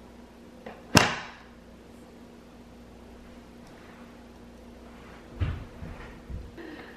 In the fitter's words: we're gonna be able to take her lots of places in it and this car seat just snaps right in i'm gonna show you guys because it's so cool